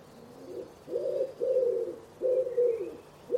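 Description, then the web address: Common Wood Pigeon cooing: a few deep, muffled coos. Bird-only recording from a 2025 soundscape bird dataset. "cianscape. Deverinetal"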